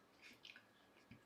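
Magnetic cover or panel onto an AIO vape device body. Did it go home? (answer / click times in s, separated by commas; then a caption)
no / none. A magnetic cover or panel is being pushed onto the body of a Pulse AIO vape device, struggling over the magnets. Quiet handling is heard: a cluster of small sharp ticks around 0.5, 0.5 and 0.6 seconds, then a soft low bump at 1.1 seconds. Nothing has seated or clicked into place yet.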